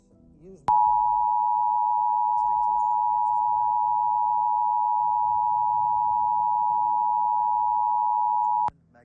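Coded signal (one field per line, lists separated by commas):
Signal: Emergency Alert System (SAME) tones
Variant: 853 and 960 Hz attention tone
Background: speech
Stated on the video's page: National EAS test as relayed in New York City.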